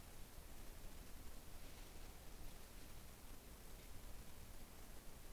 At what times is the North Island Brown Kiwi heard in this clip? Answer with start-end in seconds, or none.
none